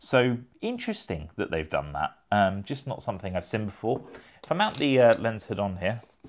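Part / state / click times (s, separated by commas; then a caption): lens hood onto telephoto lens front bayonet / not seated / none. A plastic lens hood is being mounted onto the front bayonet of a Nikon 70-200mm f/2.8 S Z-mount telephoto zoom lens while someone talks throughout. A faint, brief sound comes at about 6.3 seconds at the very end. Nothing has seated or clicked yet.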